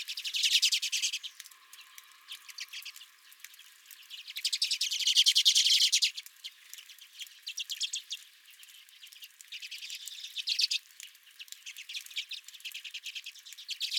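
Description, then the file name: Redpolls chattering in bursts, loud spells of rapid chips at the start, middle and end with quieter scattered calls between. Several redpolls at the recordist's own bird feeder. "Redpolls at My Feeder"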